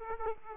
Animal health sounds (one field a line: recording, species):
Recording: mosquito wingbeat signal from an infrared sensor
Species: Aedes aegypti